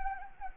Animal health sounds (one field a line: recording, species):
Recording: mosquito wingbeat signal from an infrared sensor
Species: Anopheles gambiae